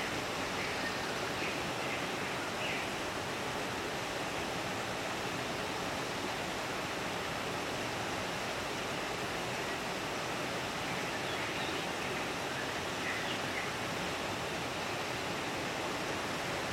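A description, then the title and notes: A steady hum of white noise fills the whole clip, dense and unchanging like rushing water heard up close, with most of its weight in the low and middle range. A few faint, brief chirps surface in the background around two, twelve and thirteen seconds. Calm in the Forest. The soothing hum of white noise and calming nature sounds.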